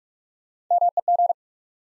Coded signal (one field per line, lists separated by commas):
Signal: Morse code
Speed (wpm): 47 wpm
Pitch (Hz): 700 Hz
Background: none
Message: MEG